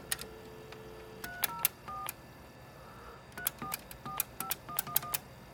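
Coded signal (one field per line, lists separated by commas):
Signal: DTMF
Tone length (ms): 110 ms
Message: 304 3445111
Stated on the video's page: Tones from a still-functioning pay phone.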